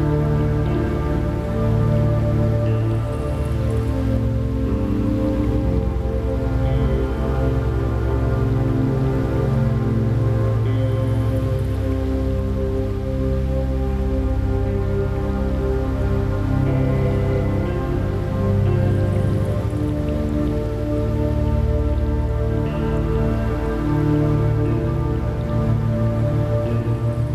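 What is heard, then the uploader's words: Rain falls steadily on a surface, a dense, continuous patter of drops with no pauses across the whole stretch. The sound sits heavy and low with a faint bright hiss above, holding an even loudness throughout, unchanging. The water and nature sounds.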